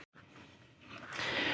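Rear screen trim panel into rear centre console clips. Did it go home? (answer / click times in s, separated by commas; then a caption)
no / none. A ZHNN rear screen for a Tesla and its trim panel are held and lined up with the rear centre console clips they need to pop into before being pushed home. Low, steady handling rustle follows a brief silent gap near the start and grows brighter and louder toward the end. Nothing has clicked or seated yet.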